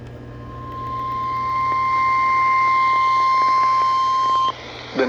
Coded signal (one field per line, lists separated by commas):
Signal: Emergency Alert System (SAME) tones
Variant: 1050 Hz attention tone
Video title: EAS 196 and 197 - A test, then a Special Marine Warning